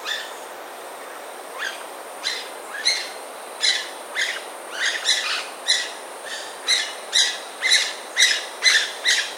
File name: white necked parakeet